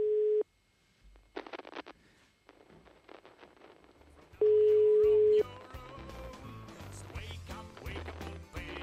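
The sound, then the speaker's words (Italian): A telephone ringing tone on a call: a steady, mid-low electronic tone sounds briefly, then returns for about a second after a pause, with clicks and busy background noise in between and afterward. “Squilla, ma adesso lo taniamo questo.”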